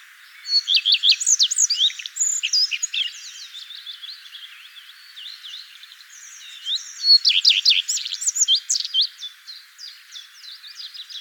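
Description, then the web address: Common redstart song: varied high sweet notes and scratchy, buzzy twitters, in two loud bursts with quieter twittering between. "vogelstimmen gartenrotschwanz gesang nabu lars lachmann"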